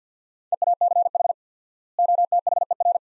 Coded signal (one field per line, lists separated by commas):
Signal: Morse code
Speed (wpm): 49 wpm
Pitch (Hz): 700 Hz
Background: none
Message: EACH OTHER